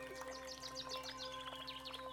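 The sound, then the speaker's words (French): Soft, quick bird chirps repeat in a busy, twittering stream over a steady low hum, the high notes tumbling one after another without pause. “Vous ressentez les oiseaux.”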